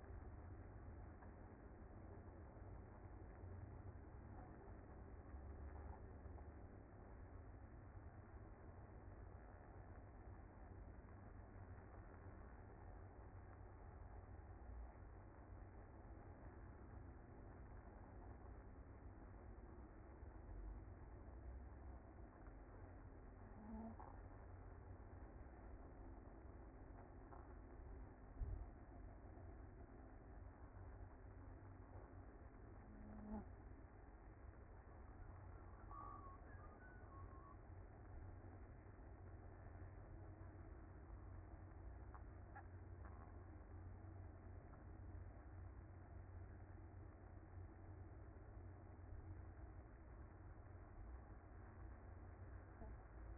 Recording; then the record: honeybee colony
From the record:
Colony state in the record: active